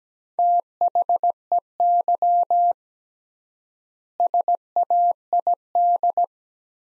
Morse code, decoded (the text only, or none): THEY SAID